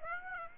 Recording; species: mosquito wingbeat signal from an infrared sensor; Aedes aegypti